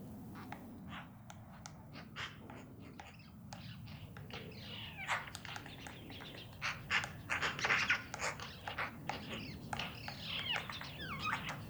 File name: Pica pica